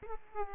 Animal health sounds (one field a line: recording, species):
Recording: mosquito wingbeat signal from an infrared sensor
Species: Aedes aegypti